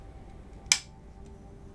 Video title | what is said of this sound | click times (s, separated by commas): Majorette n° 244 Volkswagen T2 Diecast Custom - Part 2: Into German Gear | First we slide in the headlights, then carefully pry in the license plate until it snaps in place. | 0.7 s